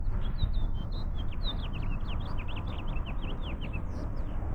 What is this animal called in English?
House Finch